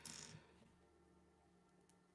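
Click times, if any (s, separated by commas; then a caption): none. A small white Lego gripper-style piece is handled over the Batmobile build it is about to be pressed into, with a short bright rattle near the start and a low, steady hum after. Nothing has seated or clicked yet.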